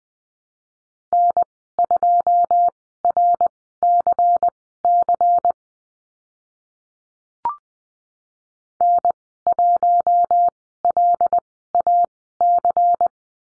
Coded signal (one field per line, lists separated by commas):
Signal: Morse code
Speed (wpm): 20 wpm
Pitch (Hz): 700 Hz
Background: none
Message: N2RCC N1LAC